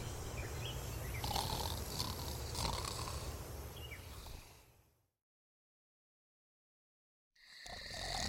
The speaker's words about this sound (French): Puis, il se mit à ronfler comme de plus belle.